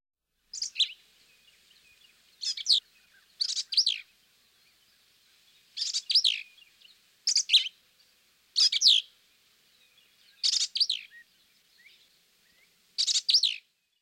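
Black-capped Vireo song: short, varied, high chattery phrases given one after another, roughly every one to two and a half seconds, with quiet gaps between.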